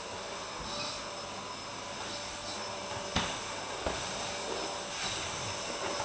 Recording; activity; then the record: daily activity, microphone in the room; vacuum cleaning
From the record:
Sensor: 2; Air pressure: 1011.7 hPa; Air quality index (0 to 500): 220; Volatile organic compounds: 4 ppm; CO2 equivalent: 1549 ppm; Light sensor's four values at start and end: 7/18/7/7 and 8/18/7/7